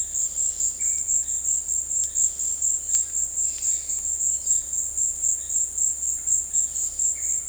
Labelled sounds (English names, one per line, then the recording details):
none
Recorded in dense forest near Puerto Asís, Putumayo, Colombia, on 19 February 2024 at 17:00
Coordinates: 0.485, -76.318
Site G6408